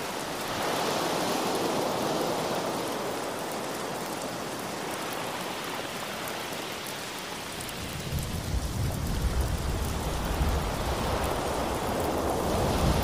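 Heavy rain pours down in a dense, steady hiss with fine scattered pattering throughout. Around eight seconds a deep, rolling rumble of thunder builds underneath and carries on to the end, making the last few seconds fuller and louder.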